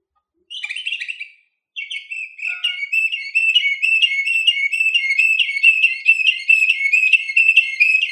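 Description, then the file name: Canary song: a short warbled phrase, a pause, then a long steady rolling trill of quick whistled notes that continues without break. Orpheus V3 canary recording. "kn orpheus v 3 omkicau"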